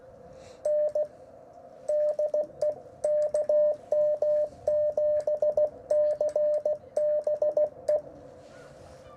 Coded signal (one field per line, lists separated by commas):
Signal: Morse code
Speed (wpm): 16 wpm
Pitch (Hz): 600 Hz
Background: radio noise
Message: N DE KM7CBE